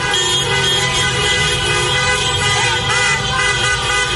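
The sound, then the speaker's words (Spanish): A dense chorus of car horns from a caravan of thousands of cars filling city centres in Spain, especially Madrid, at a festive political rally: many overlapping blares of different pitches layered into a loud, unbroken wall of sound with no talking. “Miles de coches abarrotaron ayer las principales capitales de provincias españolas, especialmente Madrid, donde la caravana por la libertad convocada por Vox inundó el centro de banderas de España en un ambiente festivo repleto de coches.”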